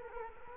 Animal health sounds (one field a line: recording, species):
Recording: mosquito wingbeat signal from an infrared sensor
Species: Culex quinquefasciatus